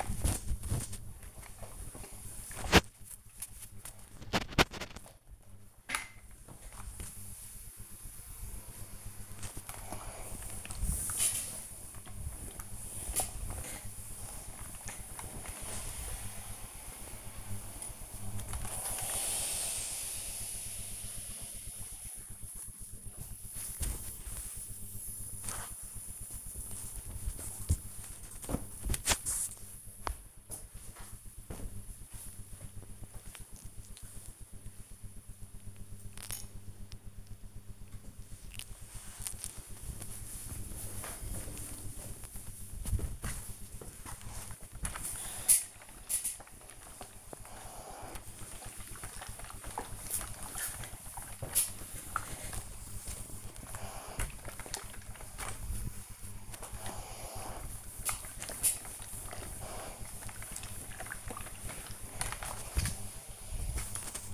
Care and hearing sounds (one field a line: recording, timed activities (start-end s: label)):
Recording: household activities, microphone on the right wrist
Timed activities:
0.00-22.17 s: ironing laundry
37.28-64.34 s: ironing laundry